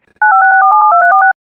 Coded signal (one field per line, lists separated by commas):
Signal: DTMF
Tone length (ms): 100 ms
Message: 956472346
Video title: EAS #46-52: Seven WX Alerts (WJON/IP Relays)